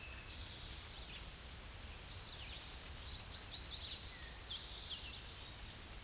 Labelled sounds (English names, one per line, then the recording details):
Tennessee Warbler song
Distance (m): 40 m
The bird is about 20 m above the microphone
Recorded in a Pennsylvania forest on 16 May 2024 at 07:58
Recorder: AudioMoth, point MSD-0665
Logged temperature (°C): 16.1 °C
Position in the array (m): 69 m, 57 m